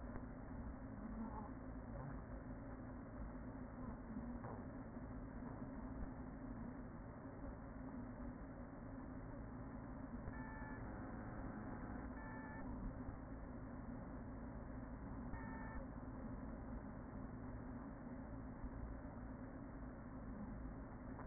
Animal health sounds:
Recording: honeybee colony, microphone inside the hive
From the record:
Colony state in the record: queen present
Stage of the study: after two queens were removed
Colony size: about 40,000 bees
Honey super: no

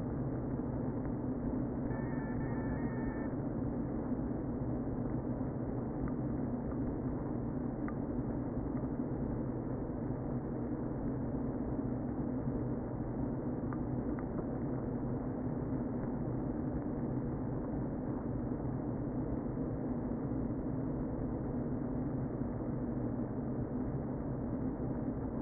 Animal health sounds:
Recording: honeybee colony, microphone inside the hive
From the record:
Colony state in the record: queen present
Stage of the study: before two queens were removed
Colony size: about 60,000 bees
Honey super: yes

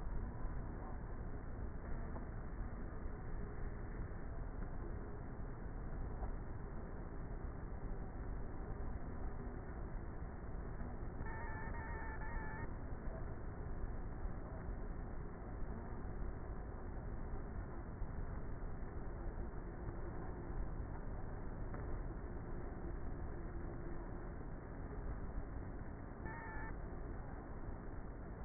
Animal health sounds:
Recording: honeybee colony, microphone inside the hive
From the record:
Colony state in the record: queenless with a low population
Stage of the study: before two queens were removed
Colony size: about 30,000 bees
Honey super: no

